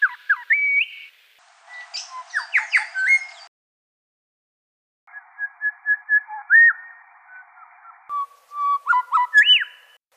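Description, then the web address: Grey shrike-thrush whistling: short rising and falling whistles, a burst of quick chirpy notes, then steady repeated whistled notes ending in an upward sweep. Recorded in a garden in Canberra. "canberra-garden-birds whistlers-shrike-thrush grey-shrike-thrush"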